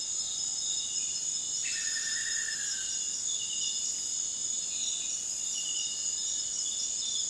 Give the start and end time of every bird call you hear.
[1.61, 3.04] Buff-throated Woodcreeper

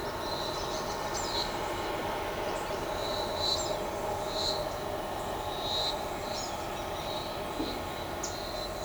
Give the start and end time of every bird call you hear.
[4.75, 5.25] Pale-eyed Pygmy Tyrant

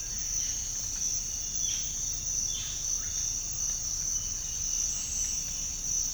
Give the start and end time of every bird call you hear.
[1.51, 2.77] Violaceous Jay

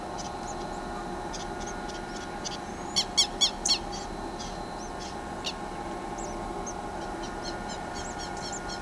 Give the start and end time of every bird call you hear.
[0.16, 0.29] Southern Lapwing
[1.33, 5.51] Southern Lapwing
[6.18, 6.72] Tropical Kingbird
[7.00, 8.81] Southern Lapwing
[8.04, 8.13] Tropical Kingbird
[8.53, 8.59] Tropical Kingbird

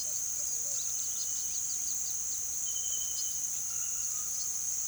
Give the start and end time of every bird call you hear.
[0.00, 0.96] Pale-vented Pigeon

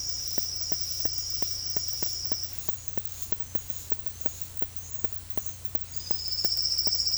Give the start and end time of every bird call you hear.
[0.00, 2.52] Silvered Antbird
[5.91, 7.17] Silvered Antbird

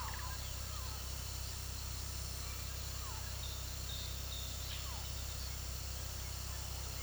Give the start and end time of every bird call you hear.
[0.00, 1.14] Yellow-crowned Amazon
[2.38, 5.21] Yellow-crowned Amazon
[5.45, 7.02] Orange-winged Amazon

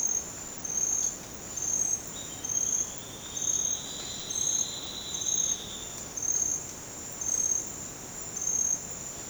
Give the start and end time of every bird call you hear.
[2.12, 5.96] Silvered Antbird

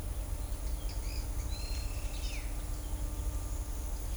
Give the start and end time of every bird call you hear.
[0.87, 1.26] Pale-eyed Pygmy Tyrant

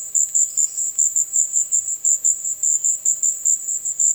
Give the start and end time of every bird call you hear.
[0.36, 0.83] Tropical Kingbird
[1.56, 3.01] Violaceous Jay

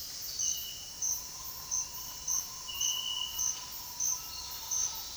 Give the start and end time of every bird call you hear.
[0.91, 5.17] Bare-faced Ibis

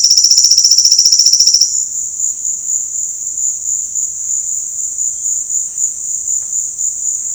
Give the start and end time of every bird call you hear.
[0.00, 1.66] Silvered Antbird

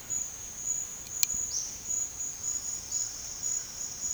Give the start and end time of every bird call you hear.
[1.44, 4.14] Olive-faced Flatbill

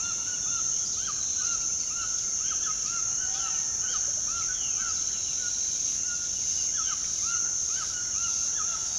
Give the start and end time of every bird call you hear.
[0.00, 8.98] White-throated Toucan
[3.83, 4.26] Russet-backed Oropendola
[4.45, 4.87] Violaceous Jay
[4.89, 6.72] House Wren

